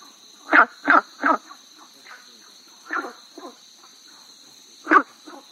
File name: gunthers brown frog